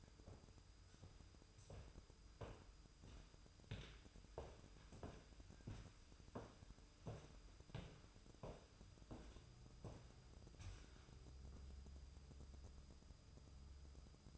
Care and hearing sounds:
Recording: daily activity, microphone in the room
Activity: walk to room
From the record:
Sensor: 2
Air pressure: 988.0 hPa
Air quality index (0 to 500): 139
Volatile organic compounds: 30 ppm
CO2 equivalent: 2953 ppm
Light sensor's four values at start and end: 23/77/30/29 and 24/77/30/29

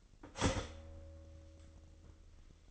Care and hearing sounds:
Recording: daily activity, microphone in the room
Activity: start toaster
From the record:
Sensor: 4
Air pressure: 1002.9 hPa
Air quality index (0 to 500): 240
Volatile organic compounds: 18 ppm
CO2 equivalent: 2603 ppm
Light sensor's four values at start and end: 20/67/25/24 and 18/61/23/22

